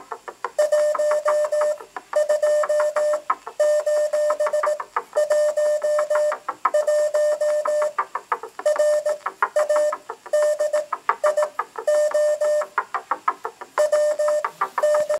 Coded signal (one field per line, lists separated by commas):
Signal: Morse code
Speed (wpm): 18 wpm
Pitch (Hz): 600 Hz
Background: music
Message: 12:11 RADIO WN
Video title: 87,8 Radio WNET - zapowiedź startu kodem Morse'a